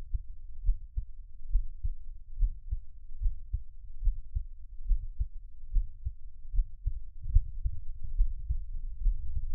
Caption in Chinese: 獻上我的心跳 | Give my Heartbeat | NO Talking。